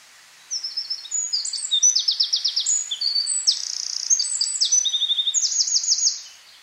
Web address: SETE data Troglodytes troglodytes